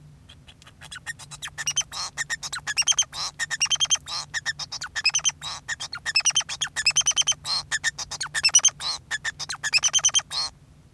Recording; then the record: song of a male Bengalese finch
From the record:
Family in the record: son of father 2